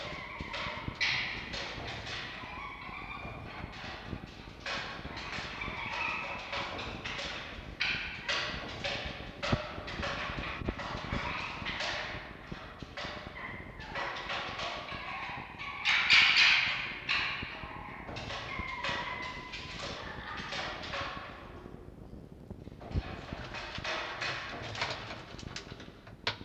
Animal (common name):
Red Fox